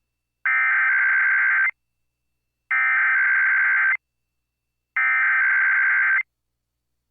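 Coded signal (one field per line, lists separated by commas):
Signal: Emergency Alert System (SAME) tones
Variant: header bursts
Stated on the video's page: Required weekly IPAWS test relayed by KLMM-FM and KSBQ-AM.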